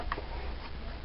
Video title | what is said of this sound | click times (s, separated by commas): VAX 1500 Watt | That just snaps back into place, | 0.1 s